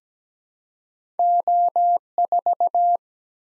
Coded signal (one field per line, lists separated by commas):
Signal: Morse code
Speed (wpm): 17 wpm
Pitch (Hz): 700 Hz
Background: none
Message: O4